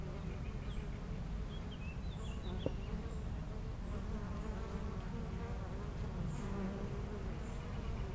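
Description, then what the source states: Honey bees give a steady low buzz throughout; a short bird phrase sounds early and faint high peeps recur in the background. Foraging honey bees flying back and forth to flowers between two hives in a garden apiary, Aix-les-Bains, France; a few birds in the neighbouring wood.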